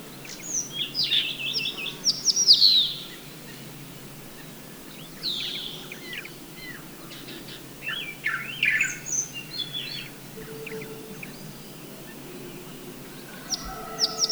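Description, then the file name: Crested bunting song: several quick, high twittering phrases of sliding chirps spread throughout, separated by quiet gaps, over steady background hiss. Guangxi, 4 April 2012. "Crested Bunting Song 120404 Guangxi Shanli"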